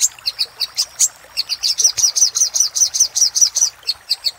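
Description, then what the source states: Little spiderhunter song: a steady, quick series of high, sharp chip notes. Master song for training cage birds; labaik variant.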